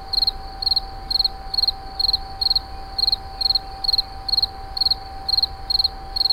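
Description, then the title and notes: Insect chirps, high and shrill, each a quick burst of pulses, repeated about twice a second, over a steady hum. Recorded in 2011 near a wastewater treatment plant at Moulins-sur-Allier. "Insect near WWTP. 2011, Moulins sur allier"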